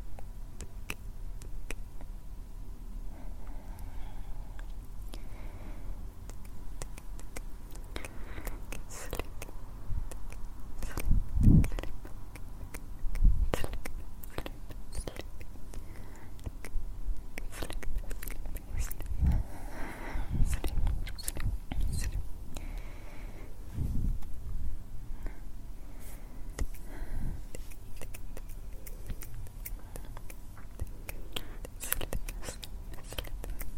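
Hands move and rub against surfaces, making a steady bed of soft rustling and scraping with frequent short taps and knocks throughout. Heavier low thumps cluster around 11–14 seconds and again near 20–24 seconds, over a constant low rumble.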